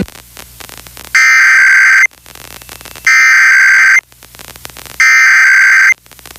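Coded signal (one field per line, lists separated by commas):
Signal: Emergency Alert System (SAME) tones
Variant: header bursts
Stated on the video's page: Pennsylvania Required Monthly Test EAS tones recorded from several FM, AM and TV stations; one TV station recorded from DVR.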